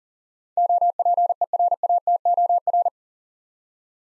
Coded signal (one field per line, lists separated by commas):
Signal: Morse code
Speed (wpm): 40 wpm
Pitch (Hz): 700 Hz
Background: none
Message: OPERATOR